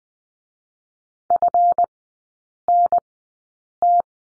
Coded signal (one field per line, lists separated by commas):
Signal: Morse code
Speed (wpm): 20 wpm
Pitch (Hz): 700 Hz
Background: none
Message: FNT